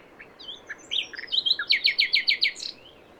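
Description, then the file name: Common nightingale giving a few chirps then a quick, evenly spaced series of loud repeated notes. "Luscinia megarhynchos"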